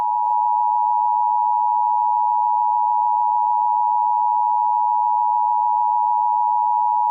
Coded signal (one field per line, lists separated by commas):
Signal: Emergency Alert System (SAME) tones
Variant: 853 and 960 Hz attention tone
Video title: AMETHYST TWISTER | An EAS Scenario